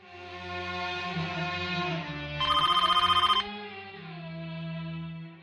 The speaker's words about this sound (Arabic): يا ولاد حد يرد على التليفون؟ ولا حد واخد باله.